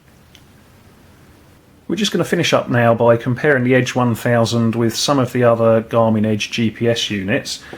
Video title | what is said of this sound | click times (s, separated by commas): Garmin Edge 1000 Unboxing & Overview | twists through 90 degrees clicks into place and there you go again another very secure mounting system | 0.3 s